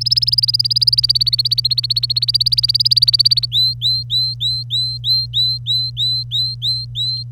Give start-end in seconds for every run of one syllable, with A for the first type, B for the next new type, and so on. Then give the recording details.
0.00-3.46 A, 3.52-7.23 B. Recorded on 25 April 2018 at 06:01. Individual llb3